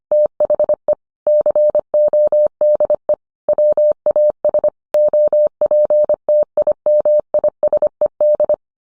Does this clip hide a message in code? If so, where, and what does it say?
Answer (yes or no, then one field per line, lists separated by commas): yes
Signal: Morse code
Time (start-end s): 0.1-8.5 s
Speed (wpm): 25 wpm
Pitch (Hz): 600 Hz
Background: none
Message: THE CODE WAS OPTIMISED